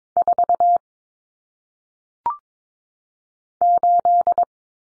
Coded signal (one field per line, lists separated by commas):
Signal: Morse code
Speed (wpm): 22 wpm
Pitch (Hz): 700 Hz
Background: none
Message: 4 8